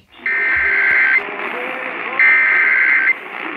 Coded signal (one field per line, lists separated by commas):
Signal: Emergency Alert System (SAME) tones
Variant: header bursts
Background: speech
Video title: TOR AFTER TOR... EAS Alerts from 11/5/18 - 11/6/18 (EAS #1,900 - 1,922)